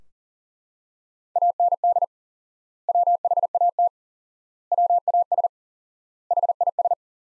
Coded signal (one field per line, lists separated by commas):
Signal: Morse code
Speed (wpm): 40 wpm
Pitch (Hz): 700 Hz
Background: none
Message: AND WHAT WAS HIS